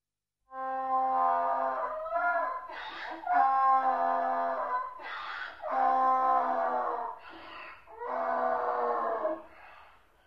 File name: osyol krik osla